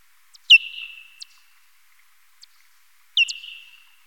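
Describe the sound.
Parti-coloured bat calls: two sharp downward sweeps, each trailing into a long, steady, fading tone, with faint clicks between them.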